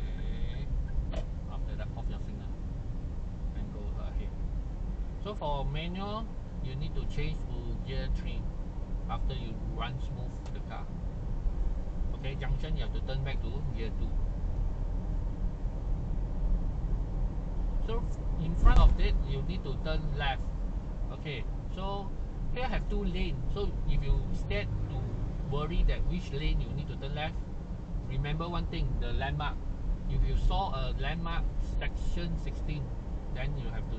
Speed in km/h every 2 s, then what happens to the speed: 28, 35, 37, 40, 42, 44, 44, 47, 48, 48, 47, 45, 41, 38, 40, 42, 44.
0-15 speeds up to 48. 19-25 slows to 38.